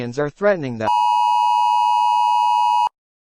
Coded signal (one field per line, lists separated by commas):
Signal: Emergency Alert System (SAME) tones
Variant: 853 and 960 Hz attention tone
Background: speech